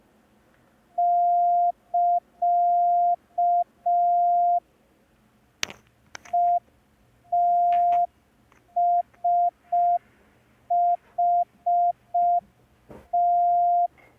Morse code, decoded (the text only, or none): <KA> ETSHT